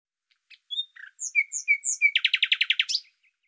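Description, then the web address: Bird song: a few clear whistled notes, then a fast buzzy trill ending in a sharp high note. "Deverinetal 2025"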